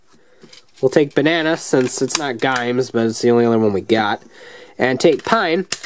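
Someone talks while handling a plastic Pine lock toy, getting ready to push its shackle onto a clip on a plastic belt-mounted holder. Only speech and faint handling sounds are heard, and nothing has seated or clicked yet.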